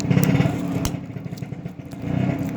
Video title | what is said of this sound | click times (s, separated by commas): Replace Wiper Blade Urdu in Hindi | یہ دیکھیں، یہ کھول گیا کلپ، آرام سے آپ نے کھولنا ہے، یہ ٹوٹ نہ جائے۔ | 0.8 s